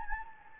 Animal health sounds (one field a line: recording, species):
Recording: mosquito wingbeat signal from an infrared sensor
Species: Anopheles gambiae